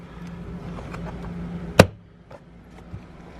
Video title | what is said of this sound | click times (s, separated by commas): Jeep Trackhawk Weathertech Floor Mats - Hate them ?? | Loud audible clicks. | 1.8 s